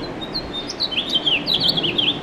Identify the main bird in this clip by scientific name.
Haemorhous mexicanus